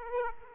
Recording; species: mosquito wingbeat signal from an infrared sensor; Aedes aegypti